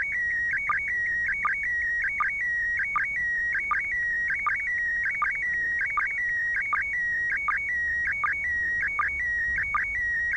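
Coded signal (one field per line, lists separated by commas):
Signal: SSTV (slow-scan television)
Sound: continuous warbling tone hopping between pitches, with short low chirps repeating under a second apart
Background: faint radio static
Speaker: two minutes into this transmission right here one more minute to go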